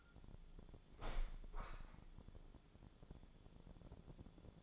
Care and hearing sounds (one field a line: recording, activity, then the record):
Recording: daily activity, microphone in the room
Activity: open window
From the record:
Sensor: 5